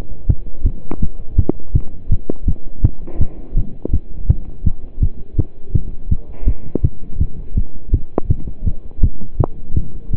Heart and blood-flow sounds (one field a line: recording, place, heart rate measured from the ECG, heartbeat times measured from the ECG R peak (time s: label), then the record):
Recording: heart sounds by stethoscope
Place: between the tricuspid and mitral areas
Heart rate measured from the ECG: 165 bpm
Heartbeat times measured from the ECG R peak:
0.29 s: heartbeat
0.65 s: heartbeat
1.01 s: heartbeat
1.38 s: heartbeat
1.74 s: heartbeat
2.11 s: heartbeat
2.47 s: heartbeat
2.83 s: heartbeat
3.20 s: heartbeat
3.56 s: heartbeat
3.93 s: heartbeat
4.29 s: heartbeat
4.65 s: heartbeat
5.01 s: heartbeat
5.38 s: heartbeat
5.74 s: heartbeat
6.10 s: heartbeat
6.47 s: heartbeat
6.83 s: heartbeat
7.20 s: heartbeat
7.56 s: heartbeat
7.93 s: heartbeat
8.29 s: heartbeat
8.66 s: heartbeat
9.02 s: heartbeat
9.39 s: heartbeat
9.75 s: heartbeat
From the record:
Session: pedaling a stationary bicycle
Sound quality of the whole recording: partially saturated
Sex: male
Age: 27 years